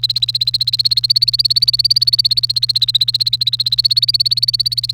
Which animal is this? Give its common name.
Domestic Canary